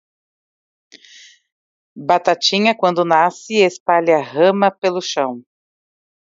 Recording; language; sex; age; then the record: short text; Brazilian Portuguese; female; 40 to 49 years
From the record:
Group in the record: control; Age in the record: 46 years